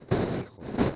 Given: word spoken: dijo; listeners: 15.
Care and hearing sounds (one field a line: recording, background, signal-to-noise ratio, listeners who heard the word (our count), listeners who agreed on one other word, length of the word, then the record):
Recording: one Spanish word in noise, from a listening test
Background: noise modulated by one talker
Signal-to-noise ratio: -12.8 dB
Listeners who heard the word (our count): 0 of 15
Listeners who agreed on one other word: 13 of 15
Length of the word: 0.56 s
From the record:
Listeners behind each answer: 13, 1, 1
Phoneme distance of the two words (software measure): 7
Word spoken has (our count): 2 syllables, 4 phonemes, stress on syllable 1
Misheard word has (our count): 2 syllables, 3 phonemes, stress on syllable 1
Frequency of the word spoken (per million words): 711.01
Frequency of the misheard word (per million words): 198.59